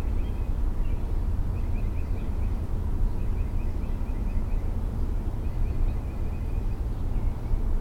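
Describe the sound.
Mockingbird song: short bursts of quick, evenly repeated high chips in several separate runs, over a constant deep rumbling noise.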